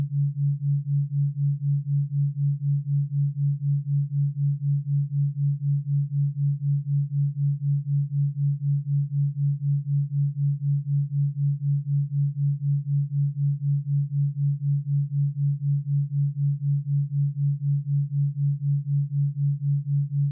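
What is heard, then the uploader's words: A steady low hum of two tones near 140 and 144Hz beats in a smooth, regular pulse about four times per second throughout. 4Hz Theta Waves with 144Hz & 140Hz. Binaural ASMR Frequency.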